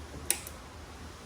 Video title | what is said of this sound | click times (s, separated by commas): New LED Tail Lights for the Jeep Gladiator | There you go. Nice click. I like that. | 0.3 s